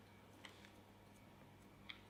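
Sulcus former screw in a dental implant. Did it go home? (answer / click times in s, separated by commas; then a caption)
released / 0.4 s. A sulcus former (healing abutment) screw is gently unscrewed from a dental implant, giving a small, sharp metal click at 0.5 s, followed by a fainter tick at 0.7 s and another bright click near 1.9 s over a low steady hum. The click at 0.5 s confirms the screw has disengaged and is released.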